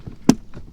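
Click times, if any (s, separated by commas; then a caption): 0.3 s. A waterproof motor power connector on a DIY trolling motor setup for a Slayer Max 12.5 kayak is pushed into its mating plug. It gives one sharp, bright snap at 0.3 s, followed by a fainter, duller sound at about 0.5 s. The connector is seated.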